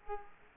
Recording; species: mosquito wingbeat signal from an infrared sensor; Culex quinquefasciatus